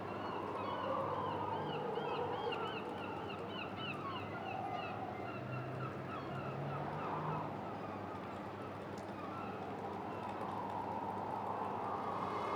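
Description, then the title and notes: Gulls giving repeated arched, mewing cries in quick succession at the start, then scattered calls, with constant wind and a low rumble beneath. Gulls recorded at a quay in Boulogne-sur-Mer, France, with wind, a metal structure and the clinking of pleasure boats. "Quai Thurot, Boulogne-sur-Mer, France - Mouettes. Prise de sons : JF CAVRO"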